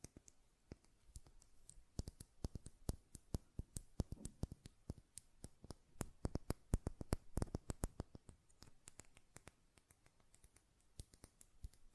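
A glass perfume bottle is tapped and its lid handled, producing a dense run of sharp, bright clicks throughout. The taps come quickly and irregularly, bunching into busier flurries around four and seven seconds, with a few lower knocks among them and quiet gaps near the end.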